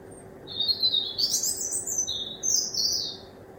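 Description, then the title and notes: Bird song, bright and rapid high warbling in two rising-and-falling phrases, set against a steady low hum. Recorded at 1 am from a kitchen window. "Birdsong Recorded From My Kitchen Window At 1 Am by Speculativism"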